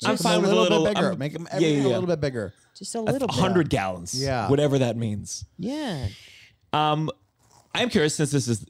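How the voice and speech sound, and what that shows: Relaxed, fluent conversational speech from an adult man, with natural pauses and no blocks or repeats.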